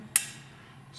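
A telescoping gauge is placed into the outer cam bushing and snaps open to the bore with a sharp, bright metallic snap at 0.2 s. The snap fades into a quiet background hum.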